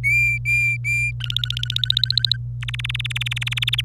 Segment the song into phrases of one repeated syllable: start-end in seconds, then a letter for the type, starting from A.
0.04-1.11 A, 1.20-2.37 B, 2.62-3.81 C